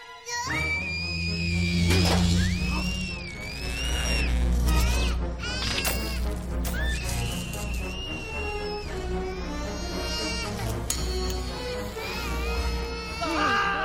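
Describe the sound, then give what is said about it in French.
In the French dub of Monsters, Inc., a small child screams and cries nonstop, with shrill, wavering wails that rise and fall in pitch, broken by sudden sharp shrieks, loud throughout. “Empêche cette chose de crier! Arrête-la!”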